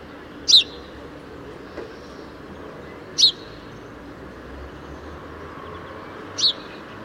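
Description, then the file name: House sparrow chirps, three short high notes spaced about three seconds apart over a steady background hiss. "Passer domesticus"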